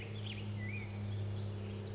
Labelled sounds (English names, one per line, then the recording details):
Black-headed Grosbeak
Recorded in Sonoma County, California